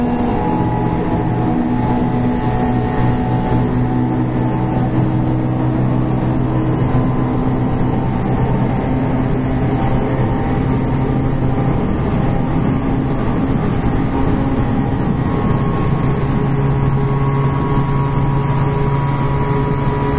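Running sound of a series 813 electric train on a rapid service, heard on board. A dense, steady low rumble continues throughout, with sustained motor whine tones that shift in pitch, rising and falling, around the middle and again near the end.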